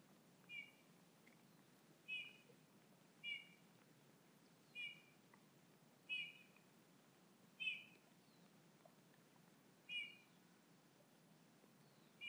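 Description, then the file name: Eurasian bullfinch uttering mellow, short whistled call notes in a slow series against quiet background hiss. "Pyrrhula pyrrhula"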